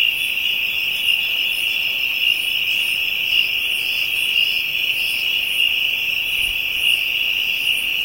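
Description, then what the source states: Insect drone, shrill and even, with evenly spaced buzzy pulses and sharper ticks recurring throughout. African insects, ambient soundscape.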